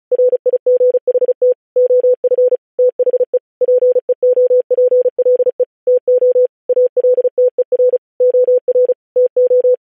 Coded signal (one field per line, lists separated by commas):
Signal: Morse code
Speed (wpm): 36 wpm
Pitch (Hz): 500 Hz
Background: none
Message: RIGHT OF THE PEOPLE TO ALTER OR TO